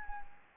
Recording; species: mosquito wingbeat signal from an infrared sensor; Anopheles gambiae